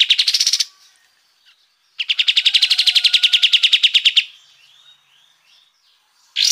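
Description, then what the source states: Sooty-headed bulbul gives a short harsh rattle, then a longer rapid buzzy trill of about two seconds, soft chattering notes, and the start of another burst. Song in the brenciu style, a fast high-pitched rapid-fire delivery; the bird is described as gacor (singing readily) and ngegas (singing forcefully).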